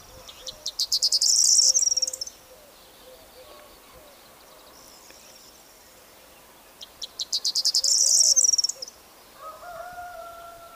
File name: Stuart Fisher - Prosyanka Emberiza calandra